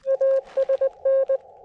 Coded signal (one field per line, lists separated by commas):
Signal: Morse code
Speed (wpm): 20 wpm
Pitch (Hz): 540 Hz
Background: none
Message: ASN